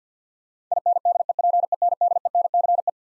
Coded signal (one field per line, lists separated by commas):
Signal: Morse code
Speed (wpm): 50 wpm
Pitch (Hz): 700 Hz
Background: none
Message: INDEPENDENCE